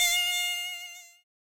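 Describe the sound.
Mosquito whine, a thin steady buzzing tone that starts loud and fades away over about a second, then silence.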